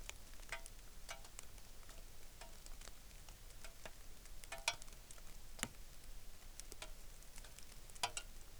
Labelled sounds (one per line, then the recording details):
rain
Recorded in the Arctic National Wildlife Refuge, Alaska, on 3 August 2019
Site 33